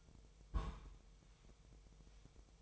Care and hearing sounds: daily activity, microphone in the room; place on stove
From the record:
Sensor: 1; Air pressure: 999.3 hPa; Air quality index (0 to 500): 200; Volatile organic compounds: 42 ppm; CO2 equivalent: 3173 ppm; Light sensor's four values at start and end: 9/22/8/9 and 9/22/8/9

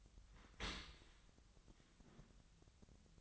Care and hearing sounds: daily activity, microphone in the room; open dishwasher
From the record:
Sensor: 3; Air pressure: 1003.1 hPa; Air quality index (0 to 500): 198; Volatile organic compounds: 6 ppm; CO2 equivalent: 1933 ppm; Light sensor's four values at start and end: 35/87/37/40 and 35/87/38/41

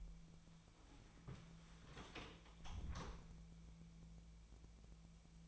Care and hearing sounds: daily activity, microphone in the room; close door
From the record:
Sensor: 1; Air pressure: 1000.5 hPa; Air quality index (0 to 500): 184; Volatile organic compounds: 4 ppm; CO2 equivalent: 1696 ppm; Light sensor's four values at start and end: 13/30/13/14 and 12/30/12/14

